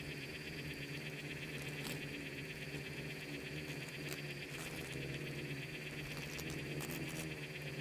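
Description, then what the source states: Insects buzzing as a swarm, a continuous layered drone with a pulsing higher band and a few faint clicks. Bugs and beetles swarming in the Namib desert, recorded as part of its micro-sound soundscape.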